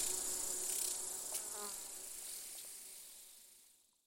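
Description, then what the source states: Insect chorus with a steady high buzzing hum and softer lower droning, the whole texture fading away toward the end. Bees and crickets in a gentle summer soundscape, recorded in an open meadow near the Col de Châtillon at 1680 metres altitude.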